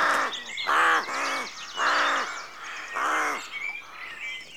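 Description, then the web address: Rook caws, a rough repeated series of loud grating calls, roughly one per second. Rookery at dawn, rural exterior atmosphere background. "BBC Sound Effects Library BBC 52-Exterior Atmospheres-Rural Backg 04 Rookery Dawn"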